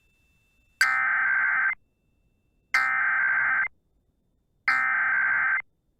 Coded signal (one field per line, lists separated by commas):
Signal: Emergency Alert System (SAME) tones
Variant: header bursts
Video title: EAS 3x Tornado Drill Michigan U.P. (Required Monthly Test) +WeatherSTAR4000 (WUPY WGLQ WIKB WFER)